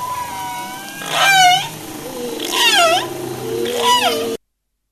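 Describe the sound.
Humpback whale song: long low moans sliding beneath three loud wavering cries that sweep up and down in pitch, each about half a second long.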